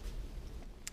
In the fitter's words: this can be a little bit difficult you see this mechanism right here just pops into place